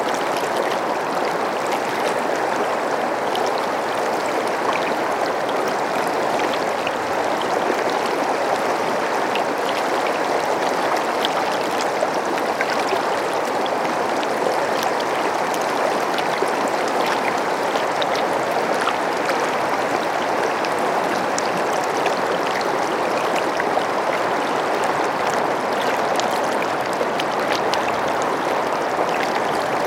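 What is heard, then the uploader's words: A creek in north-central Colorado rushes along without a break for the full thirty seconds, a dense, even wash of moving water. The sound sits mostly in the middle range with a fine fizzing, splashing texture on top and little low rumble. Tour the rivers and creeks of north-central Colorado. Field recordings by Jacob Job.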